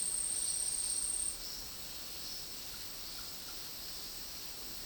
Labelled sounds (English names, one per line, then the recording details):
none
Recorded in dense forest near Puerto Asís, Putumayo, Colombia, on 18 February 2024 at 12:00
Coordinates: 0.499, -76.324
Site G6469